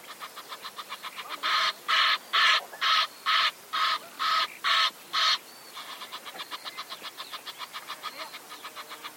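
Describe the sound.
Bird calling with rapid, soft rasping notes, then a run of nine loud, harsh, evenly spaced calls about every half second, followed again by quicker, fainter rasps.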